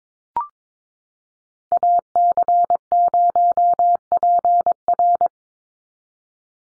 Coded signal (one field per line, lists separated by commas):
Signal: Morse code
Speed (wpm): 22 wpm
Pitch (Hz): 700 Hz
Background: none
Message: AC0PR